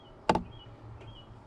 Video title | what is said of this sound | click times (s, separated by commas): Clicking noise behind dash...How to change an HVAC actuator 2006 Impala and other GM vehicles... | wire in and then just push your d push your uh glove box up and it will snap in place up in here | 0.3 s, 0.4 s